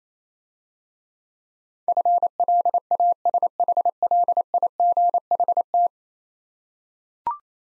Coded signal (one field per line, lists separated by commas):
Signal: Morse code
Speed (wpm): 27 wpm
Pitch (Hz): 700 Hz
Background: none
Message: FLASHLIGHT